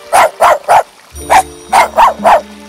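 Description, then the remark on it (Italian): A small dog yaps six times: three quick, sharp barks, a short pause, then three more, with a low steady hum running beneath the later ones. “La principessa trascorse la giornata vicino alla fontana cercando di distrarsi giocando con il cagnolino.”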